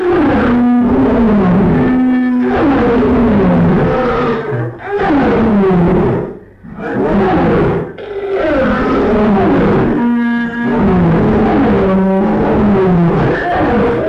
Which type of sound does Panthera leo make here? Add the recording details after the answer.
call. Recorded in captivity. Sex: diverse. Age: adult. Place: Tierpark Berlin, Berlin, DE. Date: 1959-07-24. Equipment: Smaragd. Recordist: TSA. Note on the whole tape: Rufreihen: b) Tarzan, Susi, Sonja (rauhe Rufe = Sonja); c) Tarzan, Susi, Brigant, Sonja; d) Tarzan, Susi, Brigant; a) Tarzan, Gouverneur, Susi, Sonja. Abstand 2-6 m. Aufnahmen zwischen 8.10 und 9.55 Uhr